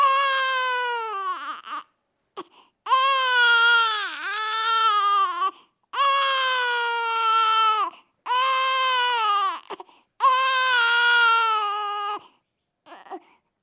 Baby crying.